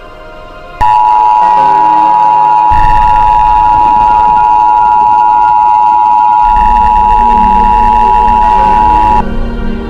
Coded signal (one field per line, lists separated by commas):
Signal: Emergency Alert System (SAME) tones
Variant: 853 and 960 Hz attention tone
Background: music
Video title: The Final Hours: (Majora's Mask Mini EAS Scenario) 1 year anniversary!